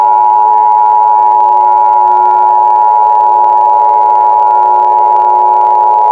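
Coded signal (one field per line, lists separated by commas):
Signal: Emergency Alert System (SAME) tones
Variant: 853 and 960 Hz attention tone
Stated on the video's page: Fictional, simulated alert scenario.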